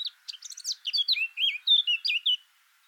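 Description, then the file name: Eurasian blackcap song: a quick chattering warble that shifts into several clear, slurred fluting notes before stopping. "Sylvia atricapilla"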